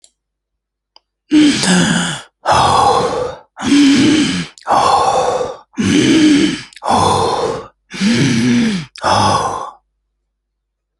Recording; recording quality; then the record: deep breathing; excellent, no background noise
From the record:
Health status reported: healthy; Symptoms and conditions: hypertension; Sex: male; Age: 54 years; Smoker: not ticked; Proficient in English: yes